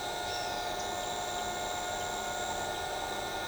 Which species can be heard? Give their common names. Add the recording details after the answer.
none. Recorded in shrubland near Pivijay, Magdalena, Colombia, on 14 April 2023 at 07:00. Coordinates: 10.453, -74.365. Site P5-G022